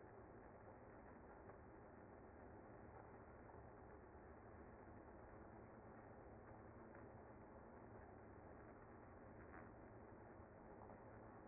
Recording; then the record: honeybee colony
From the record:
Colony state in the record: active